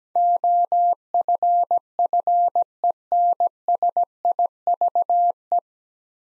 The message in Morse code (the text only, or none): OFFENSIVE